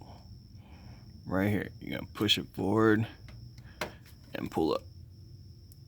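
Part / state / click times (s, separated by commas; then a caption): crankcase vent hose quick connector on engine nipple / released / 3.8 s. Someone talks while the plastic quick-connect clip on the crankcase vent hose of a 2007–2013 Silverado is pushed forward and then pulled up during a catch can install. A sharp click at 3.8 s marks the connector letting go, and the hose releases from the engine nipple.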